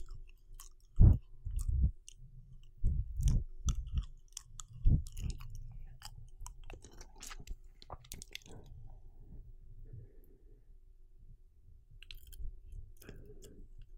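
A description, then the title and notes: Mouth sounds, with wet clicks, smacks and chewing-like squelches. They come in a dense cluster over the first five seconds, with loud low thumps near the start, then thin out into sparse, quieter ticks and soft smacks. A faint steady hum runs underneath throughout. ULTRA HD MOUTH SOUNDS.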